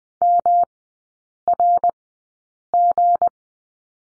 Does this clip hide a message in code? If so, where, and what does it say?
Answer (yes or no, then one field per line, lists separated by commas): yes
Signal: Morse code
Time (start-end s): 0.2-3.3 s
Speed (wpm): 20 wpm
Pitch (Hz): 700 Hz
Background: none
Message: MRG